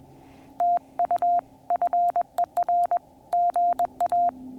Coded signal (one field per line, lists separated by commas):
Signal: Morse code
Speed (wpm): 21 wpm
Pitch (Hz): 700 Hz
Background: none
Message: TU FER GA